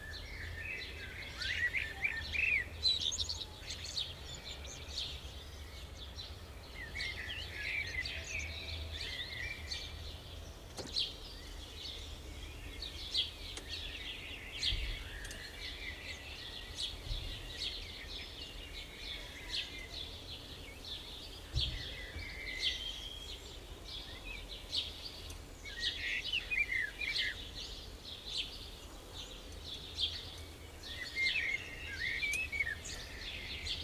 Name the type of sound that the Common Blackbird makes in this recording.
song